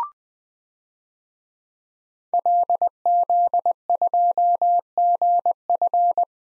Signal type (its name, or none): Morse code